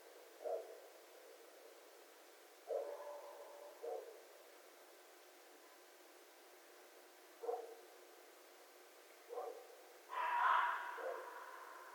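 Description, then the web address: Red fox with scattered short low barks, then one louder harsh, raspy call near the end. Recorded on 11 January 2012. "Red Fox 2012 01 11 Red Fox long"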